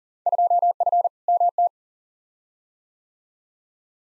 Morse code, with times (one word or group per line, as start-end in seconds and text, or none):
0.3-1.1 2F
1.3-1.7 MT